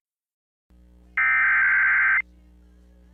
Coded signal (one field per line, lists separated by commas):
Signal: Emergency Alert System (SAME) tones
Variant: header bursts